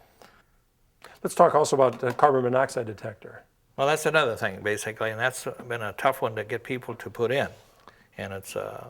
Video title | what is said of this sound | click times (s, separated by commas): Home security systems - 12/27/08 | put it back in here and just clicks right at | 1.1 s